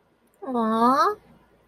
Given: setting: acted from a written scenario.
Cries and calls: vocal sound without words; adoration

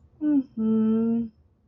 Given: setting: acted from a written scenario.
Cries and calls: vocal sound without words; sympathy

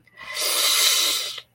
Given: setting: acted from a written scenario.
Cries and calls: vocal sound without words; embarrassment

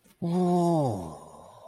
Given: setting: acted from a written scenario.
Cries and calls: vocal sound without words; awe

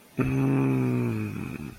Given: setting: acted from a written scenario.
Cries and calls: vocal sound without words; ecstasy

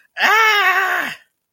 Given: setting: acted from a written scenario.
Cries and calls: vocal sound without words; negative surprise

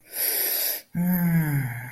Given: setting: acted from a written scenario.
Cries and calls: vocal sound without words; serenity

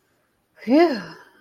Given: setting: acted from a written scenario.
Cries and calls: vocal sound without words; relief

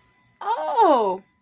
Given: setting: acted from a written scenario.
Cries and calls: vocal sound without words; positive surprise

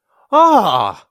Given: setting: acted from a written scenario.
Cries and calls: vocal sound without words; elation

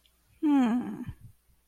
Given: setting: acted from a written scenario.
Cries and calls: vocal sound without words; confusion

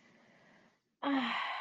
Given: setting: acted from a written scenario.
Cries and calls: vocal sound without words; ecstasy

